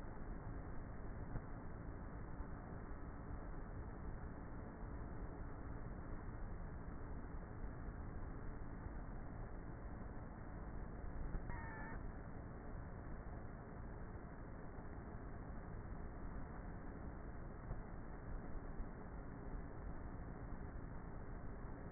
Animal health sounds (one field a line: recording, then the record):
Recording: honeybee colony, microphone inside the hive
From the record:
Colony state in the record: queenless with a low population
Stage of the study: before two queens were removed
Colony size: about 30,000 bees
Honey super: no